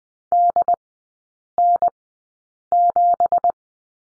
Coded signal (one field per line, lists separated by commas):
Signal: Morse code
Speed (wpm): 20 wpm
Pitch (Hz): 700 Hz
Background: none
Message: DN7